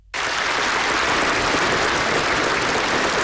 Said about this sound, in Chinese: 全体起立，热烈鼓掌，向受表彰人员表示衷心祝贺和崇高敬意。